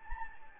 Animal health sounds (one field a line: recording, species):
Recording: mosquito wingbeat signal from an infrared sensor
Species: Anopheles gambiae